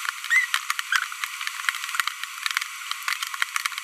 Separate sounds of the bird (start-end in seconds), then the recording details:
0.30-0.45. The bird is a female. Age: 25 days. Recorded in a nest box in Venezuela. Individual 17B42B1